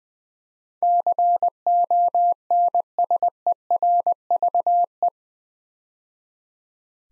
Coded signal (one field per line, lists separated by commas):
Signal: Morse code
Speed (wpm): 20 wpm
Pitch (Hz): 700 Hz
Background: none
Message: CONSERVE